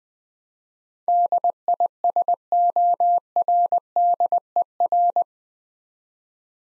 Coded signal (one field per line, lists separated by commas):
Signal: Morse code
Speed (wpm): 20 wpm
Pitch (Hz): 700 Hz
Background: none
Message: DISORDER